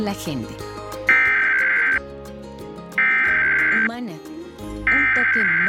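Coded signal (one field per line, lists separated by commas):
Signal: Emergency Alert System (SAME) tones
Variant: header bursts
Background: speech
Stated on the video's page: National Periodic Test of the Emergency Alert System as carried by San Antonio television and radio stations and smaller-market stations.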